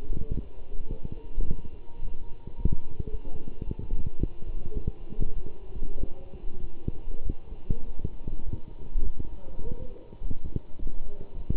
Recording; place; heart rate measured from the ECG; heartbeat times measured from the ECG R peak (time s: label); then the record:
heart sounds by stethoscope; between the tricuspid and mitral areas; 103 bpm
0.29 s: heartbeat
0.89 s: heartbeat
1.46 s: heartbeat
2.02 s: heartbeat
2.57 s: heartbeat
3.12 s: heartbeat
3.66 s: heartbeat
4.20 s: heartbeat
4.74 s: heartbeat
5.36 s: heartbeat
5.98 s: heartbeat
6.61 s: heartbeat
7.25 s: heartbeat
7.86 s: heartbeat
8.45 s: heartbeat
9.05 s: heartbeat
9.64 s: heartbeat
10.22 s: heartbeat
10.79 s: heartbeat
11.35 s: heartbeat
From the record:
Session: walking at 3.7 km/h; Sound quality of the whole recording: good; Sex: male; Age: 24 years